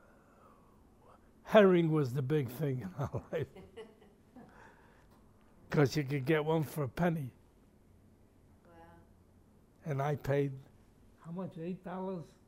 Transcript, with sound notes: — herring was the big thing in our life [laughs] Because you could get one for a penny! And I paid — how much, eight dollars?